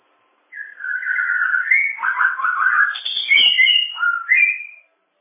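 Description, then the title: Bird song: one continuous, busy phrase of whistles mixed with harsher notes, running for about four seconds. "kikicau"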